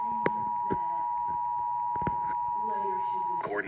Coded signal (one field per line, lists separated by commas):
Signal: Emergency Alert System (SAME) tones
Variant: 853 and 960 Hz attention tone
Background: speech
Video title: Required Monthly Test EAS #22